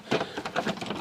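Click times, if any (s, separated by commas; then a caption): none. An old-generation plastic bit cassette is pushed into a new systainer bit cassette holder. A few short plastic knocks and scrapes, around 0.1, 0.5, 0.6 and 0.9 seconds, sound like fumbling rather than a latch. The cassette does not fit, so nothing locks or clicks into place.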